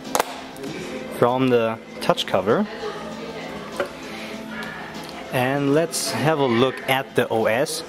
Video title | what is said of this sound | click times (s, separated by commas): Microsoft Surface Tablet Hands On [ENGLISH] | and you will hear the snap | 0.2 s